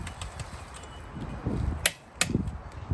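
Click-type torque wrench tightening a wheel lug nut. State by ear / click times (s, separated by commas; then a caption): torque reached / 1.9 s, 2.2 s. A click-type torque wrench set to 90 ft-lb is pushed down to tighten a lug nut on a car wheel, and the wrench clicks at its setting. Sharp clicks ring out at 1.9 s and 2.2 s over low rustling and handling noise. After the click, pushing stops so the nut is not over-torqued.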